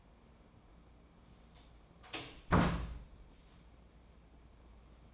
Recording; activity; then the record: daily activity, microphone in the room; close door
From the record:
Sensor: 1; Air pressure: 1012.4 hPa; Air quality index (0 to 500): 161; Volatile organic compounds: 3 ppm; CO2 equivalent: 1322 ppm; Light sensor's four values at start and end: 972/1983/970/1059 and 1008/2057/1005/1097